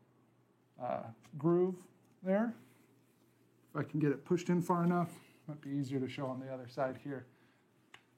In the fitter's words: that locks in place